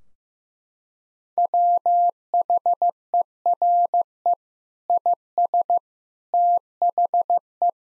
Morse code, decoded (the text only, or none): WHERE IS THE